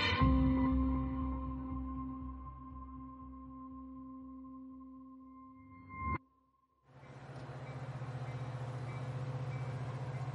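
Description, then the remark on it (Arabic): The Plymouth Express train at the platform of Newton Abbot station idles with a steady droning hum and a soft rhythmic clatter underneath, then a brief pause gives way to a loud, continuous rush of hissing rumble. No voices. “صعد أليك سامسون الضابط في البحرية الملكية من رصيف محطة نيوتن أبت إلى مقصورة من مقصورات الدرجة الأولى في قطار بلايموث السريع”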